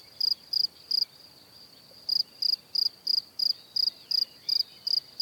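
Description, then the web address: Cricket chirps, high and pulsed: a few chirps, an one-second gap, then regular chirping about three per second, faint birds behind. "Kurs PTTK Przyroda Ptaki Świerszcze"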